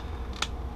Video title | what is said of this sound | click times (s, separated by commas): Dave's Vintage RayBan with Bifocal Lenses | and it snaps right in | 0.4 s